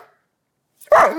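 Dog bark: a short pause after a faint trailing sound, then one loud, harsh bark.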